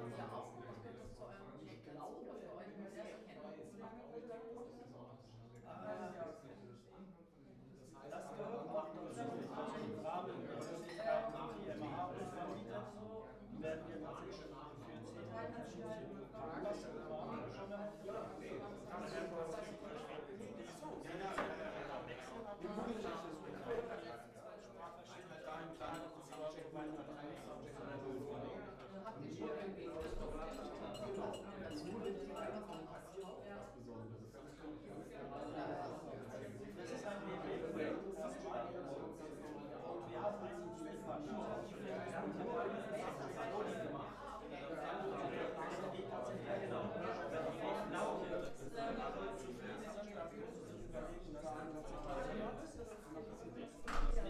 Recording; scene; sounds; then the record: everyday scene through a hearing-aid microphone; many people talking; many voices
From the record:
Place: bistro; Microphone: behind the ear, right, front